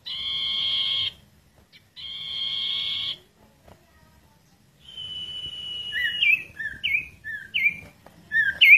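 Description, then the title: Bird song: two harsh buzzy drawn-out notes, then a long thin whistle followed by a series of quick downslurred whistled notes. "Kicau Burung Yoi"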